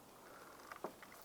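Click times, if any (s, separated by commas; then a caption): 0.8 s. An electrical connector is lined up on an ignition coil of a 2004–2008 Acura TL and pressed down until it snaps into place. A faint tick comes at 0.7 s, then a short, sharp click at 0.9 s as the connector seats, followed by a softer tap near 1.0 s over a low steady background hiss.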